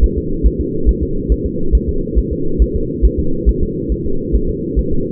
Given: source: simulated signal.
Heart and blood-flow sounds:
fetal heart sounds
0.04 s: S1
0.18 s: S2
0.46 s: S1
0.61 s: S2
0.89 s: S1
1.03 s: S2
1.32 s: S1
1.46 s: S2
1.75 s: S1
1.89 s: S2
2.19 s: S1
2.33 s: S2
2.62 s: S1
2.76 s: S2
3.05 s: S1
3.19 s: S2
3.49 s: S1
3.63 s: S2
3.92 s: S1
4.06 s: S2
4.35 s: S1
4.50 s: S2
4.79 s: S1
4.93 s: S2
From the record:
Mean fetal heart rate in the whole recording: 140 bpm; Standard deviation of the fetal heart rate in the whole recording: 2 bpm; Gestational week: 34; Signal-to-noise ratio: -8.1 dB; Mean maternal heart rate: 72 bpm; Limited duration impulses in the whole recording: absent

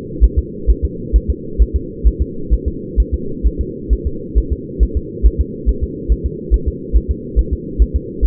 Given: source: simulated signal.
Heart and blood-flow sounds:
fetal heart sounds
0.24 s: S1
0.38 s: S2
0.70 s: S1
0.85 s: S2
1.16 s: S1
1.30 s: S2
1.62 s: S1
1.76 s: S2
2.07 s: S1
2.22 s: S2
2.53 s: S1
2.68 s: S2
3.00 s: S1
3.14 s: S2
3.46 s: S1
3.61 s: S2
3.93 s: S1
4.07 s: S2
4.38 s: S1
4.52 s: S2
4.83 s: S1
4.97 s: S2
5.26 s: S1
5.41 s: S2
5.69 s: S1
5.83 s: S2
6.12 s: S1
6.26 s: S2
6.54 s: S1
6.68 s: S2
6.96 s: S1
7.11 s: S2
7.39 s: S1
7.53 s: S2
7.82 s: S1
7.96 s: S2
8.25 s: S1
From the record:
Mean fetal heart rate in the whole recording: 135 bpm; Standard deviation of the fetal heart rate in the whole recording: 3 bpm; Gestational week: 34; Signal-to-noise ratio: -4.3 dB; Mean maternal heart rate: 72 bpm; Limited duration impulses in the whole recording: absent

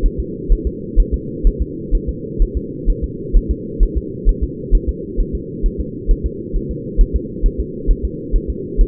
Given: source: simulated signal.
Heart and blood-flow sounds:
fetal heart sounds
0.06 s: S1
0.20 s: S2
0.53 s: S1
0.67 s: S2
1.00 s: S1
1.14 s: S2
1.47 s: S1
1.62 s: S2
1.95 s: S1
2.09 s: S2
2.42 s: S1
2.57 s: S2
2.90 s: S1
3.04 s: S2
3.37 s: S1
3.51 s: S2
3.83 s: S1
3.97 s: S2
4.29 s: S1
4.44 s: S2
4.75 s: S1
4.89 s: S2
5.20 s: S1
5.35 s: S2
5.66 s: S1
5.81 s: S2
6.11 s: S1
6.26 s: S2
6.56 s: S1
6.71 s: S2
7.01 s: S1
7.16 s: S2
7.46 s: S1
7.60 s: S2
7.91 s: S1
8.05 s: S2
8.36 s: S1
8.50 s: S2
8.81 s: S1
From the record:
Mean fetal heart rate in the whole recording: 130 bpm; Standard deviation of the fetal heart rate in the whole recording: 2 bpm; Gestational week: 38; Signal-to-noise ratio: -4.1 dB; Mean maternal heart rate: no maternal heart sound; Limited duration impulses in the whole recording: absent

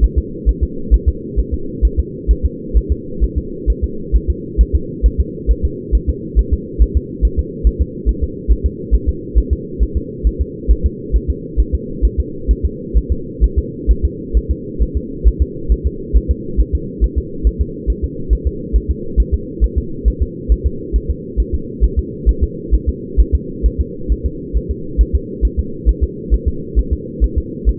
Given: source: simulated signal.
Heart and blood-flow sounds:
fetal heart sounds
0.04 s: S1
0.18 s: S2
0.49 s: S1
0.63 s: S2
0.94 s: S1
1.08 s: S2
1.39 s: S1
1.54 s: S2
1.85 s: S1
1.99 s: S2
2.31 s: S1
2.45 s: S2
2.77 s: S1
2.92 s: S2
3.24 s: S1
3.38 s: S2
3.70 s: S1
3.84 s: S2
4.16 s: S1
4.30 s: S2
4.61 s: S1
4.75 s: S2
5.06 s: S1
5.20 s: S2
5.51 s: S1
5.65 s: S2
5.95 s: S1
6.09 s: S2
6.39 s: S1
6.53 s: S2
6.82 s: S1
6.97 s: S2
7.25 s: S1
7.39 s: S2
7.67 s: S1
7.82 s: S2
8.09 s: S1
8.23 s: S2
8.52 s: S1
8.66 s: S2
8.95 s: S1
9.09 s: S2
9.38 s: S1
9.53 s: S2
9.83 s: S1
9.97 s: S2
10.27 s: S1
10.41 s: S2
10.71 s: S1
10.86 s: S2
11.16 s: S1
11.30 s: S2
11.60 s: S1
11.75 s: S2
12.05 s: S1
12.20 s: S2
12.51 s: S1
12.65 s: S2
12.97 s: S1
13.12 s: S2
13.44 s: S1
13.59 s: S2
13.91 s: S1
14.05 s: S2
14.37 s: S1
14.51 s: S2
14.82 s: S1
14.97 s: S2
15.28 s: S1
15.42 s: S2
15.72 s: S1
15.87 s: S2
16.16 s: S1
16.31 s: S2
16.60 s: S1
16.75 s: S2
17.04 s: S1
17.18 s: S2
17.47 s: S1
17.61 s: S2
17.90 s: S1
18.04 s: S2
18.33 s: S1
18.47 s: S2
18.76 s: S1
18.91 s: S2
19.20 s: S1
19.34 s: S2
19.64 s: S1
19.78 s: S2
20.08 s: S1
20.22 s: S2
20.52 s: S1
20.66 s: S2
20.96 s: S1
21.11 s: S2
21.40 s: S1
21.54 s: S2
21.84 s: S1
21.99 s: S2
22.29 s: S1
22.43 s: S2
22.75 s: S1
22.89 s: S2
23.20 s: S1
23.35 s: S2
23.66 s: S1
23.81 s: S2
24.12 s: S1
24.26 s: S2
24.57 s: S1
24.71 s: S2
25.01 s: S1
25.15 s: S2
25.45 s: S1
25.59 s: S2
25.89 s: S1
26.04 s: S2
26.34 s: S1
26.48 s: S2
26.79 s: S1
26.93 s: S2
27.24 s: S1
27.38 s: S2
27.69 s: S1
From the record:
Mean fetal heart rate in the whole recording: 135 bpm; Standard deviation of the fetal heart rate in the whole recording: 3 bpm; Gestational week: 34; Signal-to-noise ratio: -4.3 dB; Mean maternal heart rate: 72 bpm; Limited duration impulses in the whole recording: absent

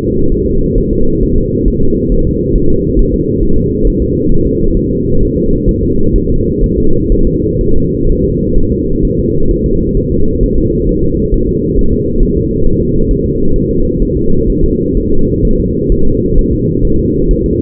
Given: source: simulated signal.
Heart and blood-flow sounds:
fetal heart sounds
0.32 s: S1
0.46 s: S2
0.78 s: S1
0.93 s: S2
1.23 s: S1
1.38 s: S2
1.68 s: S1
1.83 s: S2
2.12 s: S1
2.27 s: S2
2.56 s: S1
2.70 s: S2
2.99 s: S1
3.14 s: S2
3.43 s: S1
3.58 s: S2
3.87 s: S1
4.02 s: S2
4.32 s: S1
4.46 s: S2
4.77 s: S1
4.92 s: S2
5.22 s: S1
5.37 s: S2
5.69 s: S1
5.83 s: S2
6.16 s: S1
6.30 s: S2
6.64 s: S1
6.78 s: S2
7.12 s: S1
7.27 s: S2
7.61 s: S1
7.76 s: S2
8.10 s: S1
8.24 s: S2
8.58 s: S1
8.72 s: S2
9.05 s: S1
9.19 s: S2
9.51 s: S1
9.66 s: S2
9.97 s: S1
10.12 s: S2
10.43 s: S1
10.58 s: S2
10.89 s: S1
11.04 s: S2
11.34 s: S1
11.49 s: S2
11.79 s: S1
11.93 s: S2
12.23 s: S1
12.38 s: S2
12.67 s: S1
12.81 s: S2
13.11 s: S1
13.26 s: S2
13.56 s: S1
13.71 s: S2
14.02 s: S1
14.17 s: S2
14.50 s: S1
14.64 s: S2
14.97 s: S1
15.12 s: S2
15.45 s: S1
15.60 s: S2
15.92 s: S1
16.07 s: S2
16.39 s: S1
16.53 s: S2
16.85 s: S1
16.99 s: S2
17.31 s: S1
17.46 s: S2
From the record:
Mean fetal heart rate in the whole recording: 130 bpm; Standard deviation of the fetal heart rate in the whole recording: 4 bpm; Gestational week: 38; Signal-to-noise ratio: -17.7 dB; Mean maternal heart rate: 72 bpm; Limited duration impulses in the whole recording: present

